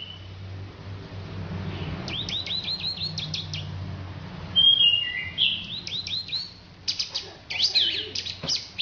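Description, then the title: Orange-headed thrush song: after a quiet start, quick series of short high notes and slurred warbled phrases, over a steady low hum. "Anis Merah"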